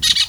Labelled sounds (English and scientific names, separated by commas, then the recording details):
Brown-throated Parakeet (Eupsittula pertinax) contact call
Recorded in Venezuela
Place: Guárico; Corozopando; Fundo La Fe
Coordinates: 8.506, -67.593